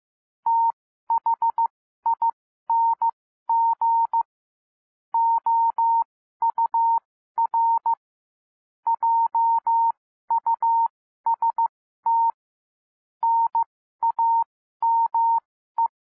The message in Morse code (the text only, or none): THING OUR JUST NAME